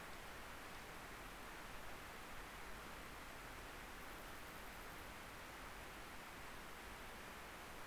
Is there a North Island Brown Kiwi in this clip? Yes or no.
no